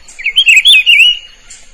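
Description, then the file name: Rufous-browed peppershrike singing a single rich, rolling whistled phrase, quick up-and-down notes lasting about a second, then quiet apart from a thin high background tone. "canto do pitiguari"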